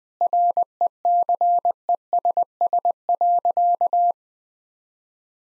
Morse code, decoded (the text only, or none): RECESS.